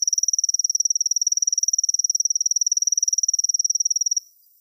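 Kusahibari cricket song, a high, rapidly pulsed trill held evenly for about four seconds before stopping abruptly.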